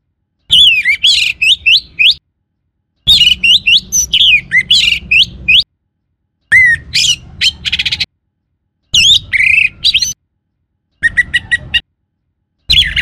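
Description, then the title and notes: Orange-headed Thrush singing in repeated loud bursts of rapid, varied whistles, squeaky slurs and scratchy notes, each burst cut off by silence. "Kicau Burung Anis"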